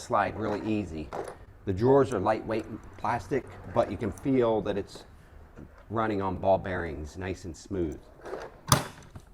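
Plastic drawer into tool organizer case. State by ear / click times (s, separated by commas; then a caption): seated / 8.7 s. A lightweight plastic drawer on ball-bearing slides in a DeWALT TSTAK mobile tool organizer is pushed closed while someone talks. The drawer slides smoothly and then locks shut with a sharp click at 8.7 s, seating into place.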